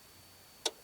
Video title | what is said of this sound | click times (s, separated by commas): Mercedes Sprinter Fuel Filter Change Leisure Travel Vans | There we go. It has the snap in place, | 0.7 s